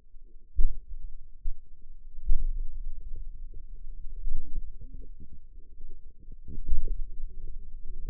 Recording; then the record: forearm muscle sounds (acoustic myography)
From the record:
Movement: pen grasping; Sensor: system 2, bracelet of six BSWA MPA416 microphones around the upper forearm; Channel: 6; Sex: female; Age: 21 years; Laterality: right